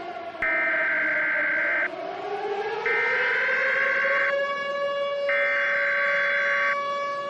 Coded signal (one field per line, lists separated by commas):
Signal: Emergency Alert System (SAME) tones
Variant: header bursts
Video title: EAS Scenario - Black Hole